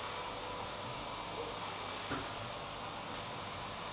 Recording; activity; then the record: daily activity, microphone in the room; vacuum cleaning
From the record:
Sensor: 1